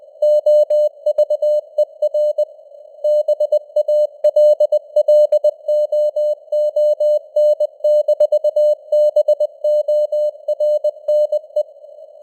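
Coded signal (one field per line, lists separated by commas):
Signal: Morse code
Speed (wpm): 20 wpm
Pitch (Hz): 600 Hz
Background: none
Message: OVER BALLOON-BORNE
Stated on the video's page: News headlines in Morse at 20 wpm with simulated radio noise and varying signal strength (QSB).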